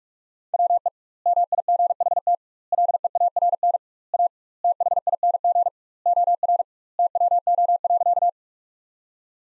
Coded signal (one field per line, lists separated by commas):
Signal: Morse code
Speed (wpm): 46 wpm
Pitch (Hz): 700 Hz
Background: none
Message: WE MIGHT LEARN A THING OR TWO.